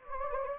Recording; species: mosquito wingbeat signal from an infrared sensor; Anopheles gambiae